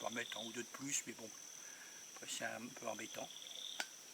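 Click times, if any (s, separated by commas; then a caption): 3.8 s. A plug cap is pushed into the hollow compartment of a bush knife handle, packed with fire starters, until it clips in. Someone talks throughout, and a short, sharp click is heard at 3.8 s as the cap seats shut, leaving it clipped and fully waterproof.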